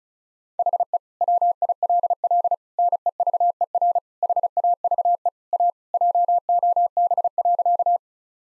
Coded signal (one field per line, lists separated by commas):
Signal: Morse code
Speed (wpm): 34 wpm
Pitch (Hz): 700 Hz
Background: none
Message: HE WILL NEVER HAVE A JOB.